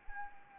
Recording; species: mosquito wingbeat signal from an infrared sensor; Anopheles arabiensis